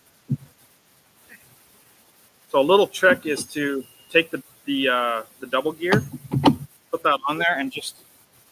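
Someone talks while placing a plastic double gear by hand onto a bearing in an MK5N robot drive module, getting ready to press it down. Only speech and faint handling sounds are heard, and nothing has seated or clicked yet.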